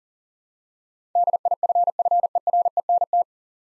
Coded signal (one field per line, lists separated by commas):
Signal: Morse code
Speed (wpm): 40 wpm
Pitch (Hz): 700 Hz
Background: none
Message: DIFFERENT